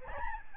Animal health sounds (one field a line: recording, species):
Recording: mosquito wingbeat signal from an infrared sensor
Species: Aedes albopictus